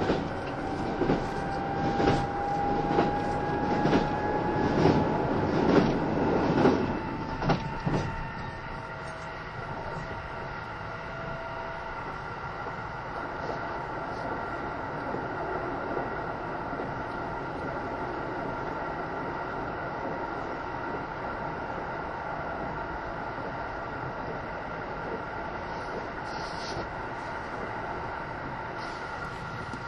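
A Kintetsu 80000 series Hinotori train runs along. The first eight seconds are louder, with a rising motor whine and a string of clacks and knocks. After that it settles into a steady, even rumble with a faint held tone.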